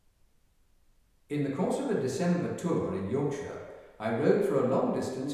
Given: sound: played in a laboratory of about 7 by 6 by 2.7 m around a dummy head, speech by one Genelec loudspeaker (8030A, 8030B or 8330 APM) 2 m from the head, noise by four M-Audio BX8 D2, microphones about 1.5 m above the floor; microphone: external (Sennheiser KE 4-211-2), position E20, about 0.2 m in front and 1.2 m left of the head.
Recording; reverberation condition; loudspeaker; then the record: male speech in English; high; 30 degrees to the left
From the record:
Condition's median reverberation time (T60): about 1300 ms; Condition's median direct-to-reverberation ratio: about -4.0 dB